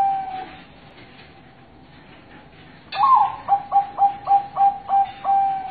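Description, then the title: Zebra dove song starting after a quiet pause: a clear opening note and a string of rhythmic soft coos, about three per second, with a sustained final coo. Master song meant to prompt other zebra doves to join in singing. "Suara Perkutut"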